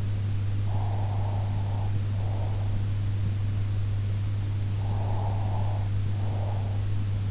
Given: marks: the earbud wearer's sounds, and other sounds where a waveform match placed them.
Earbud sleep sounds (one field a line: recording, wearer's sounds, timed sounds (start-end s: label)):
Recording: sounds in sleep by an in-ear microphone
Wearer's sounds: breath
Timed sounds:
0.67-2.76 s: breath
4.79-6.85 s: breath